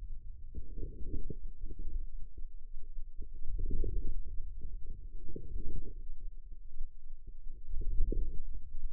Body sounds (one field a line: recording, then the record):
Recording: forearm muscle sounds (acoustic myography)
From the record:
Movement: wrist flexion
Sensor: system 2, bracelet of six BSWA MPA416 microphones around the upper forearm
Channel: 5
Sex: female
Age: 21 years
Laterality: right